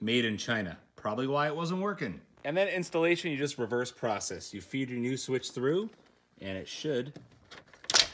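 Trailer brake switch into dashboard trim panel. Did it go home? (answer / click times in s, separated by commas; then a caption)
yes / 7.9 s. Someone talks while a new OEM trailer brake control switch, replacing the made-in-China one from a Chevy that was not working, is fed through its opening in the dashboard trim panel and pushed in until its retaining flaps snap. A sharp click at 7.9 s marks the switch seating into the panel.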